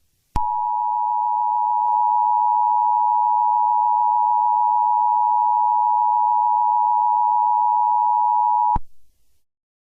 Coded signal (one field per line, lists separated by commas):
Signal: Emergency Alert System (SAME) tones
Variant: 853 and 960 Hz attention tone